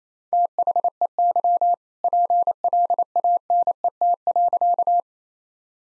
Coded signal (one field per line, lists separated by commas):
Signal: Morse code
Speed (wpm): 27 wpm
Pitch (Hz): 700 Hz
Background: none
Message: THEY PLANET.